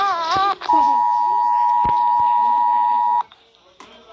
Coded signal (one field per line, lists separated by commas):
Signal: Emergency Alert System (SAME) tones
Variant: 853 and 960 Hz attention tone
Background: speech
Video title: eas alarme Afeganistão até Irlanda